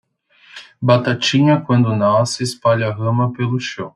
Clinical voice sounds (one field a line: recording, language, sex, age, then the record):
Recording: short text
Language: Brazilian Portuguese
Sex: male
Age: 20 to 29 years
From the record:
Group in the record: control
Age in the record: 29 years